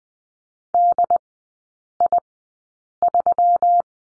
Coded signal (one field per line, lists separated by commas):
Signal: Morse code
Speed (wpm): 20 wpm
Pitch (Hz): 700 Hz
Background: none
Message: DI3